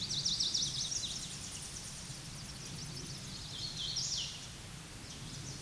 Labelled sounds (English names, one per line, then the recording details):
Hooded Warbler song
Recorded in a Pennsylvania forest on 16 May 2024 at 08:05
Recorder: AudioMoth, point MSD-1295
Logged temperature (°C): 13.7 °C
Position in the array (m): 169 m, 105 m